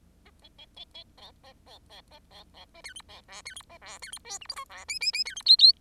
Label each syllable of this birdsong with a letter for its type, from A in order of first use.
A A A B B B C B B C D E B F D E C F D E G H I J F K K K D E L L